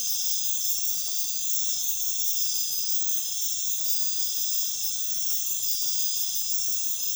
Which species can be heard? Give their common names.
none